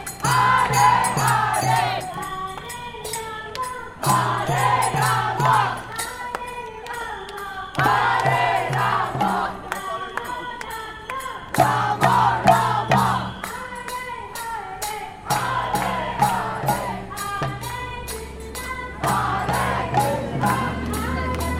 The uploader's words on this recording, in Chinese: 全城的人都跳舞起來了_台北西門町印度壇車節踩街活動。地點在台北西門町街區。我錄製了一小段當時在街邊,實際參與活動。